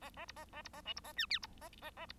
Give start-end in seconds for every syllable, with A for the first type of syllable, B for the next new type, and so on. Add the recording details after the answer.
0.01-0.10 A, 0.16-0.25 A, 0.27-0.32 B, 0.36-0.45 A, 0.53-0.62 A, 0.64-0.69 B, 0.73-0.81 A, 0.85-0.93 C, 0.96-1.00 B, 1.04-1.13 A, 1.16-1.26 D, 1.30-1.39 E, 1.42-1.47 B, 1.61-1.70 A, 1.81-1.91 A, 1.96-2.06 A, 2.08-2.12 B. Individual Bird1